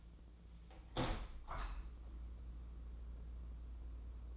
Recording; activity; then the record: daily activity, microphone in the room; open window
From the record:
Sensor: 1